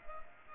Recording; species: mosquito wingbeat signal from an infrared sensor; Culex pipiens